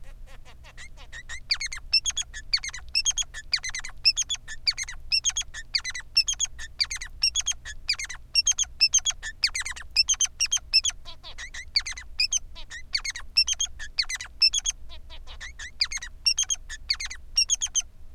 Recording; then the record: song of a male Bengalese finch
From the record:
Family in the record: son of father 3